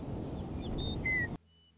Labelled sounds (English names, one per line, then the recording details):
Western Meadowlark
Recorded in Sonoma County, California